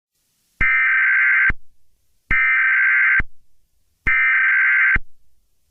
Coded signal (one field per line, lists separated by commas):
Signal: Emergency Alert System (SAME) tones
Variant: header bursts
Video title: EAS Scenario - Serial Killer